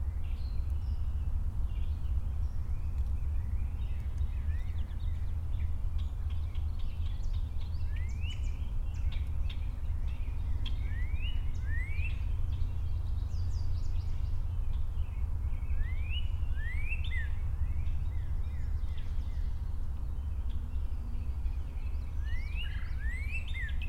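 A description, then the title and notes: Many birds call in an open stand of black walnut by a lake, their quick rising chirps and whistles overlapping throughout, thickest from about eight seconds on. A steady low rumble sits underneath the whole time, constant and fairly loud. Loon Lake Nature Preserve. Lots of birds active in a sparse and open black walnut stand along Loon Lake.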